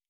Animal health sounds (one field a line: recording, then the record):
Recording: hydrophone in a shrimp aquaculture tank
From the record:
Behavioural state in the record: normal